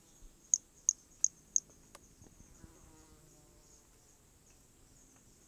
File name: Brachy hermogenesi Corcovado specimen one two starting notes lost without interruption